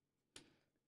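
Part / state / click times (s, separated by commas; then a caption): microSD memory card into a tablet's card slot / seated / 0.4 s. A microSD memory card is pushed with a fingernail into the card slot of a tablet computer until it latches. A single small, sharp click is heard at 0.4 s, with a brief fading tail afterward. The card is seated in the slot.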